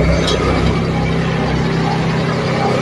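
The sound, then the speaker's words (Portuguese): A crane truck's engine runs steadily while it loads a jet ski, a continuous low rumbling drone with a constant hum that holds the same loudness throughout, with faint murmuring voices blended into the noise. “Esse é o que carregou o caminhão guindaste.”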